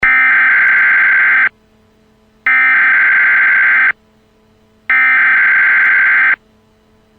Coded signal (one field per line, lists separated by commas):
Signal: Emergency Alert System (SAME) tones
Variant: header bursts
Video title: Vernshot - An EAS Mock Scenario